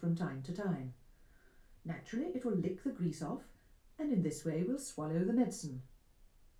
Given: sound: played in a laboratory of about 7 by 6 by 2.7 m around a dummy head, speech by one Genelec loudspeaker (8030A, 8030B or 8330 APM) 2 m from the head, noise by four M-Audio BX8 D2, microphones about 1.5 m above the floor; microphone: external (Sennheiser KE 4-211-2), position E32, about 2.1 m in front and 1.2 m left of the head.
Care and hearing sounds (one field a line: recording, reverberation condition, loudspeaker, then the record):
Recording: female speech in English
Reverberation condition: low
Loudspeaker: 90 degrees to the left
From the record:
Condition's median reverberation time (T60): about 310 ms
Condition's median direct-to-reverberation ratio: about 3.5 dB